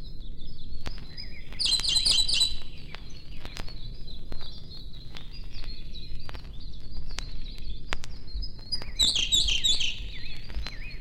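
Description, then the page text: Songbird song with two loud twittering bursts near two and nine seconds, softer whistled notes in between, and constant low rumble beneath. Forest songbirds close to a road. "Лесные певчие птицы - Nature, близко трасса"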